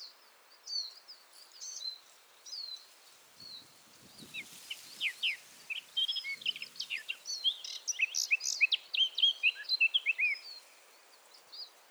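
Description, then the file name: Eurasian blackcap singing scattered high notes that build into a dense, rapid, twittering warble lasting several seconds before tailing off. "Sylvia atricapilla"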